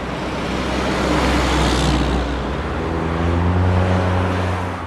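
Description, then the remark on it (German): Steady roar of busy traffic on Elliott Avenue in Seattle with a low engine rumble underneath, swelling slightly as vehicles pass, with no voices heard. “Und die wenigen Journalisten, die noch unter dem berühmten Globe, einer riesigen rotierenden Weltkugel auf dem Dach des Verlagshauses an der verkehrsreichen Elliott Avenue arbeiten, haben Sprechverbot.”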